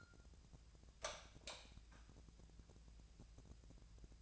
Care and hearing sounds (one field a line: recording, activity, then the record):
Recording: daily activity, microphone in the room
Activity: light on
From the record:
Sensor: 2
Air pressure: 999.8 hPa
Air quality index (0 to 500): 117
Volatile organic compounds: 2 ppm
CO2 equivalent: 1008 ppm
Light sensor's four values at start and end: 38/95/40/46 and 42/112/47/52